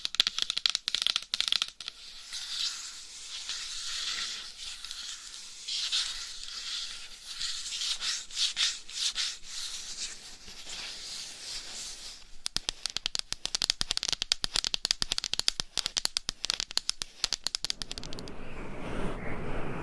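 Scratching and rubbing fill the clip with a dense, hissy texture of quick strokes, bright and dry with little low end. Around 12 seconds the scratches turn sharper and more rapid, like fast tapping, and near the end a softer, lower brushing takes over.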